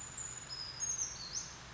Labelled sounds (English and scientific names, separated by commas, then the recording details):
Brown Creeper (Certhia americana)
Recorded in Sonoma County, California